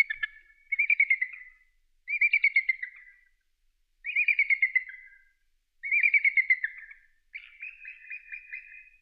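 Eagle calls in several separate bursts, each a quick series of sharp, high piping notes.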